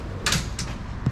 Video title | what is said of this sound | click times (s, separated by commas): AUSTRACK TALAWANA X 15 HYBRID REVIEW | we've got the fridge slides that oh yeah so pull that out you hear it click | 0.3 s, 0.6 s, 1.1 s